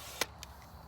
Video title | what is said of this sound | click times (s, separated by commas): Pole Saw / Pruner Fiskars 16ft Chain Drive 2018 _OCT_29 | you depress this button right here slides down and just clicks into place | 0.2 s